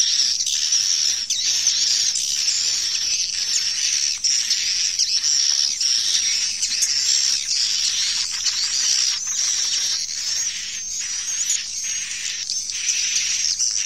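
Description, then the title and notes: Swiftlet twittering calls in a dense, continuous high chorus of chirps over a steady high tone, with louder bursts about once a second. Farmed swiftlets in Asia. "Swiflet Bird Sound. Farming Swiflet Bird asia sound"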